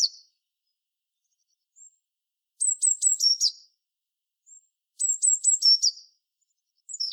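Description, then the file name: Eurasian blue tit giving two full bursts of high, sharp descending notes that close in a brief buzzy trill, with partial bursts at the start and end and faint single thin notes between bursts. "Cyanistes caeruleus"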